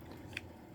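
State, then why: Seated. During reassembly of a Ruger BX-25 .22LR 25-round detachable box stick magazine, an internal part is pressed into its seat in the magazine body. A single sharp, short snap sounds at 0.4 s over a low background rumble. The part snaps in and is seated.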